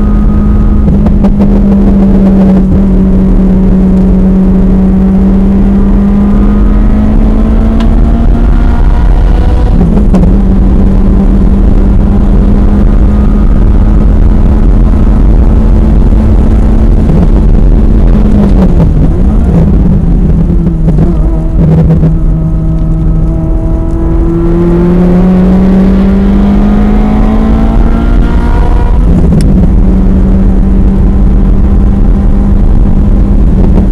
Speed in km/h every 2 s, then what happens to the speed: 106, 103, 111, 126, 132, 137, 145, 150, 153, 100, 87, 92, 108, 127, 132, 137, 135.
3-15 speeds up to 153. 16-19 brakes to 87. 19-32 speeds up to 135.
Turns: 0-6, 19-24.